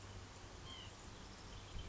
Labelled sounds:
White-breasted Nuthatch
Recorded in Sonoma County, California

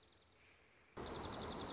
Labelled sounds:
Dark-eyed Junco
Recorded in Sonoma County, California

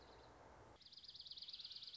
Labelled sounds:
Dark-eyed Junco
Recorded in Sonoma County, California

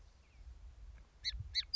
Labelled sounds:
Song Sparrow
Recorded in Sonoma County, California

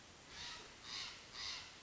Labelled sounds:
Steller's Jay
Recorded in Sonoma County, California

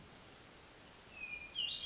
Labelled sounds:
Hermit Thrush
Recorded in Sonoma County, California

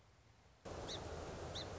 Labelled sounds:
Song Sparrow
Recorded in Sonoma County, California

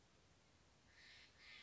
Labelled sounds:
Steller's Jay
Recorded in Sonoma County, California

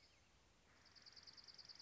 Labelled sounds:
Dark-eyed Junco
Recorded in Sonoma County, California

